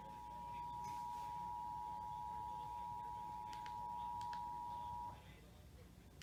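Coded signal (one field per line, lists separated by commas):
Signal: Emergency Alert System (SAME) tones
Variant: 853 and 960 Hz attention tone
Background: speech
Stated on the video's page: Required Monthly Test received on Comcast cable and four other broadcast stations, two FM and two TV.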